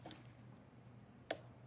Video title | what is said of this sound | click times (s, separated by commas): MiHow2 - TB Wood's - Sure-Flex Plus Couplings | our click and we are torqued up John | 1.3 s